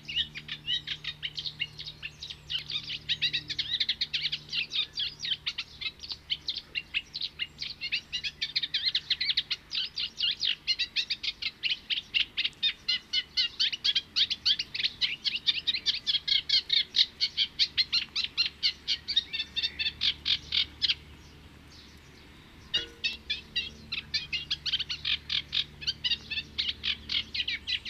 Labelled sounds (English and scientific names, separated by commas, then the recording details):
Eurasian Reed Warbler (Acrocephalus scirpaceus) song
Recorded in the wild
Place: Kühkopf, Hessen, DE
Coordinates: 49.8242, 8.44944
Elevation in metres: 85
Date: 1975-06-01
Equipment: Nagra IV, Sennheiser MKH 405, Parabolreflektor
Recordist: Tretzel, Erwin